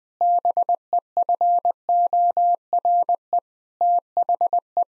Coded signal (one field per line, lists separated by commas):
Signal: Morse code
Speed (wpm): 21 wpm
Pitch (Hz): 700 Hz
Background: none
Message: BEFORE THE